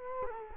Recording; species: mosquito wingbeat signal from an infrared sensor; Culex quinquefasciatus